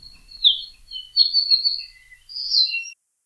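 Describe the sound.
Eurasian skylark song, a few high slurred and warbled phrases separated by short pauses.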